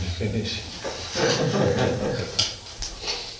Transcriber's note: laughter